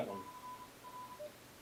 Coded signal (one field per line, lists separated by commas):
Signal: Morse code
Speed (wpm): 29 wpm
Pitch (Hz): 1000 Hz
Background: none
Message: / R